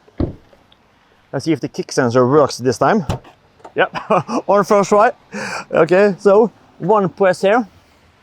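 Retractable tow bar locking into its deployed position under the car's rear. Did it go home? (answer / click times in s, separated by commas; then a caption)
no / none. Someone talks near the rear of a Volvo EX90, where a kick sensor is tried and one button is pressed to deploy the car's fully automatic electric retractable tow bar under the rear. Two brief soft knocks come at the start, then speech fills the rest. The tow bar is being deployed but has not yet swung out and locked into place, and nothing has clicked or seated yet.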